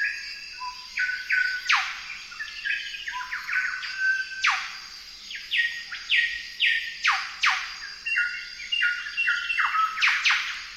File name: golden whistler bird singing